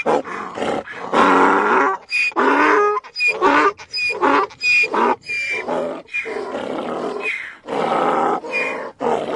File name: donkey